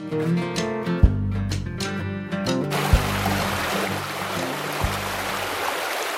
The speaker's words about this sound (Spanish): Es la historia de quien busca el cauce, siguiendo el sonido del agua que oímos correr.